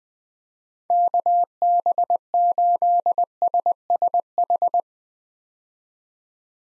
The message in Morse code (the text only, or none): KB8SSH